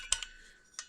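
A metal oil pump drive part that was not fully inserted is pushed home into a small engine case during refitting of the oil pump drive parts. Short, sharp metallic ticks sound at 0.1, 0.2 and 0.8 seconds, and the part ends up fully seated.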